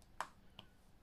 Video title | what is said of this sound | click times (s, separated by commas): An Absolute Beginner's Guide to Diamond Painting - Part 1 | you've already got kind of the edges of the other diamonds to use and hear that click sometimes | 0.2 s